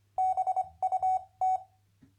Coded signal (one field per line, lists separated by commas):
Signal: Morse code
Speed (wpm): 25 wpm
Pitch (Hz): 750 Hz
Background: none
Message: BUT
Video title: MorseLAB 2.7 #amateurradio #hamradio #cw #morsecode #radioamateur